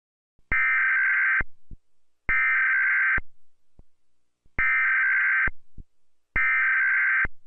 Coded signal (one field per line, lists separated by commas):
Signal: Emergency Alert System (SAME) tones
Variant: header bursts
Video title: EAS alarms from around the world